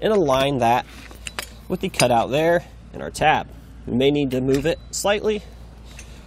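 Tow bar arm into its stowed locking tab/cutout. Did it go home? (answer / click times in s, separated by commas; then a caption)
yes / 6.0 s. A Roadmaster Falcon 2 tow bar arm on a 2020 Jeep Wrangler is pressed forward to stow it and lined up so its tab meets the cutout while someone talks. A single sharp metallic click at 6.0 seconds marks the arm locking into its stowed position.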